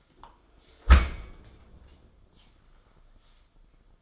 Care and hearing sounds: daily activity, microphone in the room; close dishwasher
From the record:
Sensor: 5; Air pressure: 994.5 hPa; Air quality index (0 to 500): 194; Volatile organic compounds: 1000 ppm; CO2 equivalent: 5710 ppm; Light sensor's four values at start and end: 50/150/59/65 and 44/136/53/58

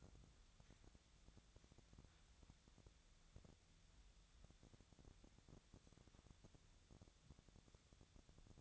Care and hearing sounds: daily activity, microphone in the room; wipe stove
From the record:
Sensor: 3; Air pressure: 1007.0 hPa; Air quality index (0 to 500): 203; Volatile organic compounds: 18 ppm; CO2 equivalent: 2602 ppm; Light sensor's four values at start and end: 11/26/11/11 and 11/26/11/11

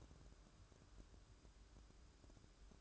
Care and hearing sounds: daily activity, microphone in the room; take from stove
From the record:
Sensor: 2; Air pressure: 1007.8 hPa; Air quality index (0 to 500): 100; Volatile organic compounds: 1 ppm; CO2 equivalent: 757 ppm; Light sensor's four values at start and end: 7/16/6/6 and 7/16/6/6

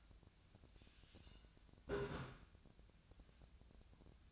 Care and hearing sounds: daily activity, microphone in the room; take from stove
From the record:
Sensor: 2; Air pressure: 1009.8 hPa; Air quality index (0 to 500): 180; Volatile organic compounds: 10 ppm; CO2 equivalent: 2248 ppm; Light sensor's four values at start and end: 32/79/34/38 and 32/79/34/37

